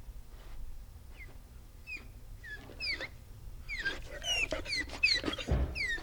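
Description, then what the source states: Dog whimpering in short high squeaks that slide downward, growing more frequent and louder toward the end. Panting with some whining.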